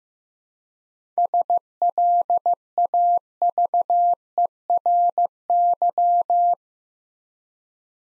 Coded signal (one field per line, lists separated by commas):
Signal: Morse code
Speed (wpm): 15 wpm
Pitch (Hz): 700 Hz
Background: none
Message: SLAVERY